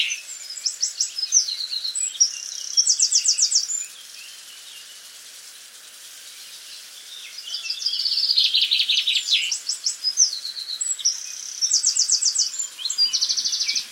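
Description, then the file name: Eurasian wren gives two bursts of high, rattling, trilled song separated by a few seconds of quiet background noise. "Troglodytes troglodytes"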